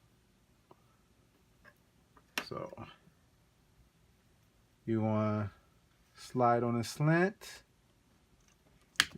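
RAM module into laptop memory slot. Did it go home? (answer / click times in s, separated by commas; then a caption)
yes / 9.0 s. A laptop RAM module is slid into its memory slot at an angle while someone talks. A sharp, loud click sounds at 9.0 s as it snaps in, and the module is then pushed down, seated in the slot.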